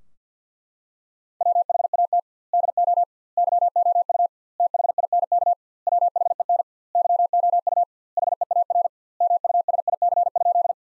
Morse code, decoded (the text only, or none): WHAT DO YOU THINK WHEN YOU HEAR MUSIC?